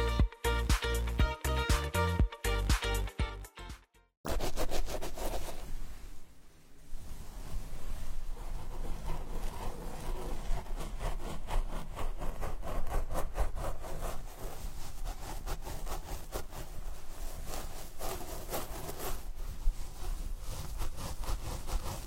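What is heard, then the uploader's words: Hair being combed and the scalp massaged. The first four seconds hold a choppy, buzzing tone that cuts in and out before a brief silence, then dense, scratchy strokes run steadily and quickly to the end, with a short lull near seven seconds. Comb hair and scalp massage.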